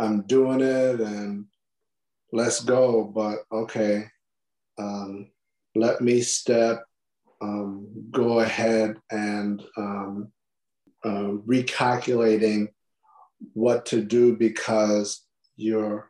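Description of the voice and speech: A man who survived a stroke speaks haltingly in short fragments broken by frequent pauses, with repeated 'um' fillers, stretched sounds and incomplete phrases such as 'let me step… go ahead and recalculating what to do.' The speech shows word-finding difficulty from aphasia after stroke.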